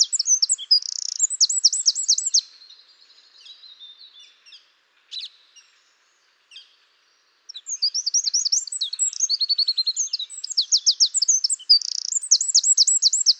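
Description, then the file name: Eurasian wren song in two loud outbursts of shrill, rapid trills and twittering notes, separated by a quiet gap of several seconds with a few soft notes. "Troglodytes troglodytes"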